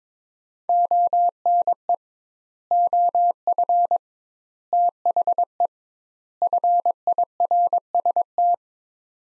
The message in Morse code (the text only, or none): ONE OF THE FIRST